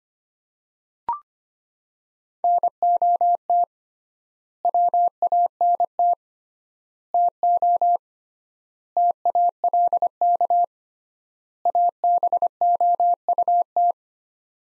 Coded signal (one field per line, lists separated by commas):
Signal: Morse code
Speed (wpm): 25 wpm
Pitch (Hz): 700 Hz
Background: none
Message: NOT WANT TO TALK ABOUT